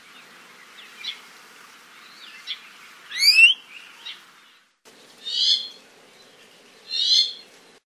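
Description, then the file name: ʻIʻiwi calls: a few soft chips, then a loud squeaky creaking note, followed by two harsh raspy buzzy notes about two seconds apart. "Iiwi"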